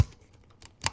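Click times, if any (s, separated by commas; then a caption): 0.9 s. A plastic wiring harness connector is pushed home onto the new throttle position sensor in the engine bay of a Chevrolet Impala. After a few faint ticks, a sharp, loud click at 0.9 s shows the connector seating.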